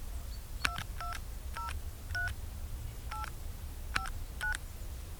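A string of touch-tone telephone beeps, about nine short dual-pitched tones at an uneven pace as a number is keyed in on a phone at the Rhodes to place a reverse-charge call, over a low steady hum.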